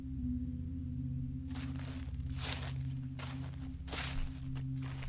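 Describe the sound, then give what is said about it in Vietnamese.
Footsteps outside around midnight, a series of soft, scuffing steps in an uneven rhythm over a steady low droning hum, starting after a brief quiet moment. “Đêm đầu tiên đến độ 12 giờ, tất cả mọi người đều nghe thấy ở bên ngoài có tiếng bước chân.”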